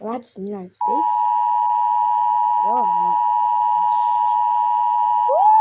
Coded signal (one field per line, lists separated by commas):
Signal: Emergency Alert System (SAME) tones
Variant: 853 and 960 Hz attention tone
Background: speech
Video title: Reacting to EAS Alarms Of AROUND THE WORLD (these are real alarms btw)